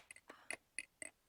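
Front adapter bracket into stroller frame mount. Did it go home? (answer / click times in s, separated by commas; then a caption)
yes / 0.8 s. A plastic front adapter bracket is pushed into the front seat mount of a Qool stroller frame until it latches in place. Several short, sharp plastic clicks and taps are heard, with the seating click at 0.8 seconds. The adapter is seated and secure in the frame.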